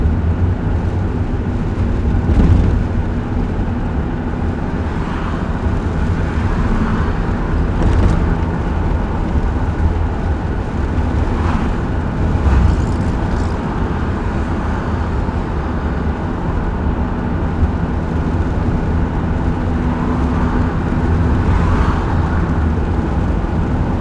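A car driving in Phoenix, Arizona, with a steady low engine and road rumble, plus brief brighter swells and knocks every few seconds.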